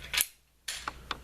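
A loaded magazine is slapped into the grip of a Beretta Neos pistol, with a sharp slap and click at 0.2 seconds as it seats in place. Fainter clicks and a rustle follow at about 0.7, 0.9 and 1.1 seconds.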